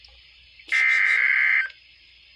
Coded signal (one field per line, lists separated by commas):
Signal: Emergency Alert System (SAME) tones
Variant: header bursts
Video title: Goodbye Winter! | EAS Alerts from 2/21/25 & 2/23/25 | EAS#2,671-2,689